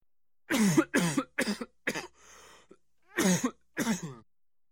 Human cough male sore throat cough.